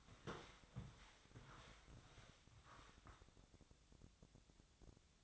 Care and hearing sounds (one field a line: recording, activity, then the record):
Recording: daily activity, microphone in the room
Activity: walk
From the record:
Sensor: 3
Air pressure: 1000.5 hPa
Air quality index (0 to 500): 171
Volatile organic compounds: 3 ppm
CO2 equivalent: 1494 ppm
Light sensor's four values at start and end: 18/45/18/20 and 17/44/18/19